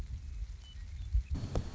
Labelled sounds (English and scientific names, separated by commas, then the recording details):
Western Meadowlark (Sturnella neglecta)
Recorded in Sonoma County, California